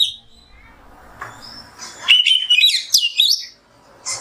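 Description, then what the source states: Oriental magpie-robin producing a quick phrase of whistles after a quiet opening with faint notes, then a short note at the end. Kacer song in the 'nembak' style, used as masteran tutoring.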